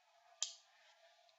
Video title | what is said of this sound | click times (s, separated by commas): Leatherman Wave | gonna be this little screwdriver knocks into place okay | 0.4 s